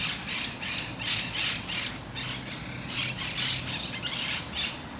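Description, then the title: Parakeets giving harsh, screeching squawks in rapid, uneven bursts, roughly three per second, with steady low background hum. Parakeets in Parc de Forest, Saint-Gilles, Belgium; recorded with a Sony PCM-D100, internal microphones in wide position. "Parc de Forest, 1060 Saint-Gilles, Belgique - Parakeets - Perruches"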